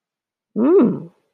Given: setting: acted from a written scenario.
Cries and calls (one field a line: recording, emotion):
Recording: vocal sound without words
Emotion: pride